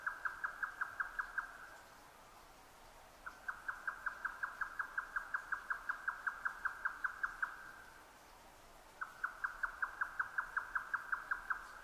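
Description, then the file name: Grey nightjar repeating hollow chuck notes in three bursts, the middle one longest, at a fast regular rhythm. Recorded 12 June 2009 at 22:41. "yotaka-20090612-2241"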